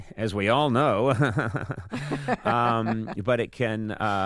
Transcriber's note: laughter